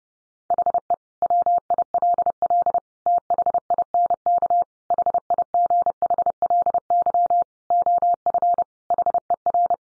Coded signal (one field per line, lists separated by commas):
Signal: Morse code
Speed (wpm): 30 wpm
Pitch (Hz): 700 Hz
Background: none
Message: HE WILL THINK HIGHLY OF HER